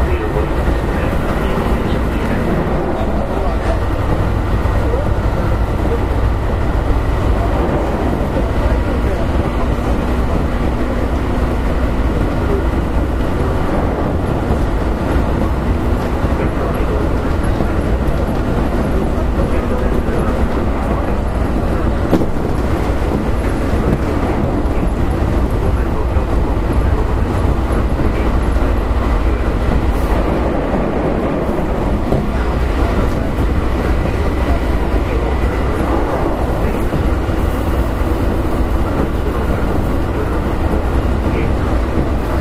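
Running noise aboard a Keihan Electric Railway 5000 series train on the Keihan main line: a steady, dense low rumble that holds level for the whole stretch. Faint tonal whines and rattles drift in and out, with a brief murmur of voices.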